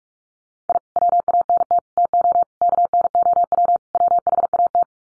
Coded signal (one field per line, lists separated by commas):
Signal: Morse code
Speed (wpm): 44 wpm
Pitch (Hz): 700 Hz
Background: none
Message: I WANT TO KNOW WHAT